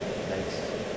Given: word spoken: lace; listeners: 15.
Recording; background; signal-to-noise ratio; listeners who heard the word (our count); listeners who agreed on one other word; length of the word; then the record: one English word in noise, from a listening test; speech-shaped noise; -5.2 dB; 0 of 15; 6 of 15; 0.57 s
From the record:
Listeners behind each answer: 6, 4, 2, 1, 1, 1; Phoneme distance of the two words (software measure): 20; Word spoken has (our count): 1 syllable, 3 phonemes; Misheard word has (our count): 1 syllable, 3 phonemes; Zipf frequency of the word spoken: 3.73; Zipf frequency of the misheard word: 4.79